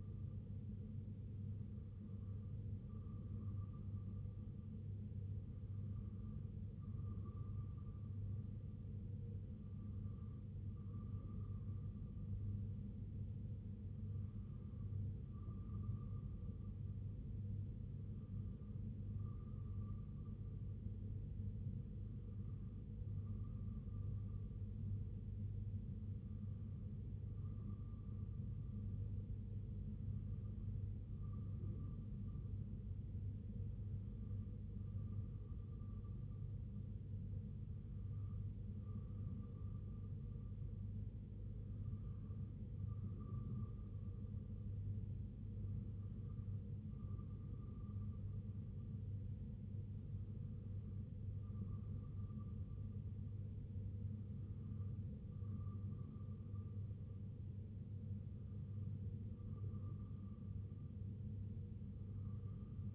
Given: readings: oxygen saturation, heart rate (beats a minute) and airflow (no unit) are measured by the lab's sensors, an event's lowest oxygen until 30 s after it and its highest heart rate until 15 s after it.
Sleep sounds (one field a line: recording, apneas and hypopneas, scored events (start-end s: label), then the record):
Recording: breathing in sleep by a smartphone at the bedside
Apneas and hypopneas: none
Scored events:
none scored
From the record:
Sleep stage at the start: N2 (light sleep)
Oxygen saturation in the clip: 94%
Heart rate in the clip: 61 to 68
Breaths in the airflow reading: 15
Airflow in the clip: -2.6 to 1.6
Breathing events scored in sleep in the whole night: 258 in 7.4 hours asleep